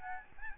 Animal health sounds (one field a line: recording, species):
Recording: mosquito wingbeat signal from an infrared sensor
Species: Aedes albopictus